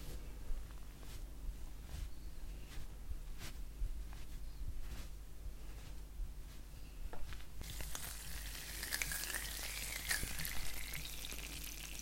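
Soft rubbing and tapping sounds from a face massage, with a steady low hum underneath and sharp little clicks or taps every second or so. After about eight seconds a brighter, hissy crackling texture takes over, like skin or hands brushing close together.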